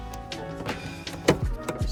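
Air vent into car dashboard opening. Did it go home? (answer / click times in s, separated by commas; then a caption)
no / none. A replacement plastic air vent is pushed into the dashboard opening of a Miata, with music in the background and two short plastic knocks at about 1.3 s and 1.7 s. The vent will not snap in, possibly because the aging dash has warped from years of heat and cold and a lip is hitting. Nothing has seated or clicked yet.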